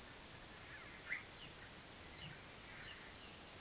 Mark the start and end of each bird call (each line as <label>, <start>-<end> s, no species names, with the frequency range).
bird call (0.5-4.5 kHz), 0.93-3.04 s